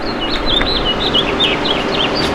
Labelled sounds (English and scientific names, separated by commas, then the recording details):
House Finch (Haemorhous mexicanus) song
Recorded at Montauk on Long Island, New York, on 15 June 2013
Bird K